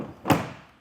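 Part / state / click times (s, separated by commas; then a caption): roof cargo box lid latch into box base / seated / 0.3 s. The lid of a Yakima SkyBox NX 16 rooftop cargo box on a 2021 Jeep Compass is pushed fully shut, and its plastic latch seats into the box base with a single sharp, loud thud-click at 0.3 s that fades out over about half a second. The latch is confirmed closed, and the red indicator disappears once it clicks.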